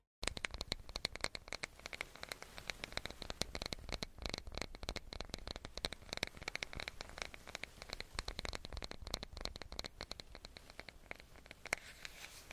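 Makeup tools at work, with tweezers and a curling iron giving a steady run of rapid clicks, taps and scratchy crackles throughout.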